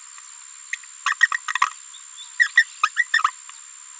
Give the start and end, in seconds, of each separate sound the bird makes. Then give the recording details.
1.06-1.14, 1.21-1.27, 1.32-1.34, 2.39-2.47, 2.57-2.64, 2.83-2.89, 2.96-3.04, 3.13-3.23. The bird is a female. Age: 27 days. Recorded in a nest box in Venezuela. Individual 17B73B2